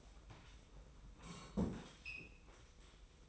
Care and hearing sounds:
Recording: daily activity, microphone in the room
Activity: sit down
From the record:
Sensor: 1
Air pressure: 990.5 hPa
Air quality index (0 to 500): 152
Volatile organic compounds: 1000 ppm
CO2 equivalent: 5525 ppm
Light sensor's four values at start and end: 32/74/31/34 and 32/74/32/34

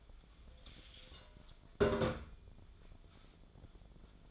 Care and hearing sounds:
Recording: daily activity, microphone in the room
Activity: take from stove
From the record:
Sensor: 5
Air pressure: 1010.0 hPa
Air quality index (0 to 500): 151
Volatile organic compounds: 3 ppm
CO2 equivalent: 1472 ppm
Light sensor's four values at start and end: 251/611/260/286 and 252/613/261/288

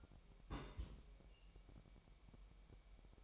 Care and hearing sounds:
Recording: daily activity, microphone in the room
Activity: place on stove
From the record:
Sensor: 1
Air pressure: 1002.0 hPa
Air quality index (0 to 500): 245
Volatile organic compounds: 49 ppm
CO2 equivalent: 3277 ppm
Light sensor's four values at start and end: 5/12/5/6 and 5/12/5/6

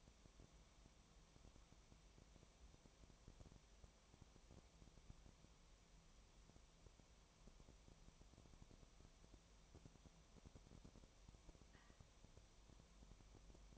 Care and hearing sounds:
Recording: daily activity, microphone in the room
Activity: no activity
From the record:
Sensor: 1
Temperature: 19.4 degrees Celsius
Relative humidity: 35.7%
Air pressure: 1003.3 hPa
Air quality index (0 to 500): 112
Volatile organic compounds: 2 ppm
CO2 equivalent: 1252 ppm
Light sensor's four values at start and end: 1/2/1/1 and 1/2/1/1

